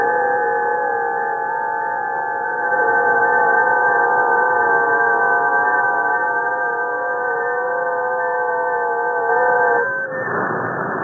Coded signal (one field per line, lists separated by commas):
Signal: FT8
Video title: SDR RTL Raspberry Pi Introduction